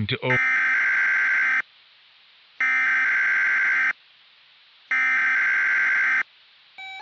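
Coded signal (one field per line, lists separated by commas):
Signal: Emergency Alert System (SAME) tones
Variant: header bursts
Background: speech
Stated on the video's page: Fake hypothetical EAS scenario; simulated alert tones for a Florida tornado outbreak.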